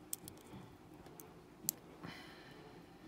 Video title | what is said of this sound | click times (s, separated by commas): Westclox Auto-Watch Reassembly (Part 5) (FINAL) | snaps through there we go went through | 1.7 s